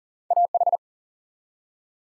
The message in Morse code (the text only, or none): AH